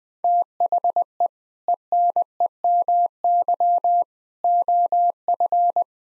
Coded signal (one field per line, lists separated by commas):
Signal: Morse code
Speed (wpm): 20 wpm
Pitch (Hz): 700 Hz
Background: none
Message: THE ENEMY OF